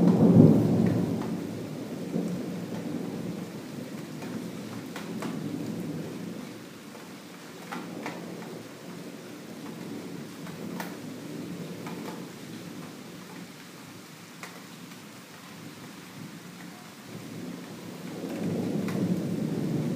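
Thunder and summer rain at Maybachufer. A deep rumble rolls in at the start, loudest in the first second, fades to a steady low murmur, then swells again near the end. Soft rain patters throughout, with scattered sharp drips and ticks.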